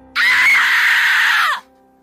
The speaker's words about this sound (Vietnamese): Một cảnh tượng hãi hùng hiện ra làm cho tôi hoảng hồn, không kiềm được mà đã phải hét lên.